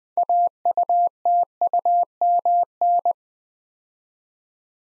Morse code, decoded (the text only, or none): AUTUMN